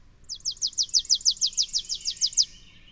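Bird song: a fast trill of many high, downward-slurred whistled notes lasting roughly two seconds, evenly spaced and steady in pitch.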